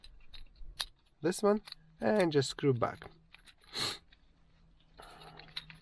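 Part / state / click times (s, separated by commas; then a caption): phone holder socket onto car mount ball joint / seated / 0.8 s. A plastic socket of a LISEN magnetic phone holder is pressed onto the ball of the car mount base, giving a sharp click at 0.8 s as the ball joint snaps into the socket and seats. Someone talks, then light handling clicks and rattles follow near the end.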